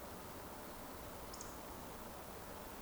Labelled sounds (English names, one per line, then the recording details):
Eurasian Woodcock
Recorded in Baden-Württemberg, Germany, on 16 June 2020 at 20:24 UTC
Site 14569, 102 m above sea level